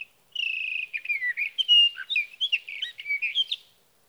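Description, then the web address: Sage thrasher song, a long, unbroken warble of quick slurred notes, some held briefly, others dipping and rising, running for about three seconds without pause. "birdsongforthecurious songs Sage Thrasher"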